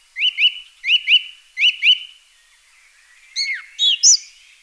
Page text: Song Thrush Song. Quick Sounds